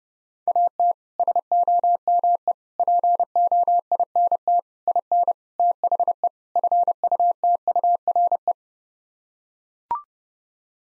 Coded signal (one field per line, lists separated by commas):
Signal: Morse code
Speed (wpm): 30 wpm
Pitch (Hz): 700 Hz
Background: none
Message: AT SOME POINT IN THE FUTURE